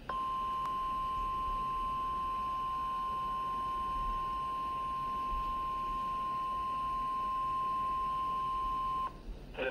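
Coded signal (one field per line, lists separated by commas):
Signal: Emergency Alert System (SAME) tones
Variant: 1050 Hz attention tone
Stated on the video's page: Tornado warning received on a weather radio from a NOAA Weather Radio station.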